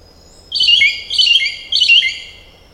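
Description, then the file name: Green oriole giving three loud, strident, slightly harsh phrases, each about half a second long with stacked bands, repeated roughly every 0.6 seconds over a quiet background. "Canto do pirolle verde"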